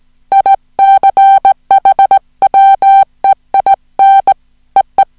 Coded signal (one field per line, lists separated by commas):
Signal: Morse code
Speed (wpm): 18 wpm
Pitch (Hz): 780 Hz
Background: music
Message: ICH WEIN EE